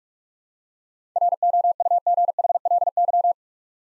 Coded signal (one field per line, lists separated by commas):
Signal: Morse code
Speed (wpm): 41 wpm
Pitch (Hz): 700 Hz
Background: none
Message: ROUGHLY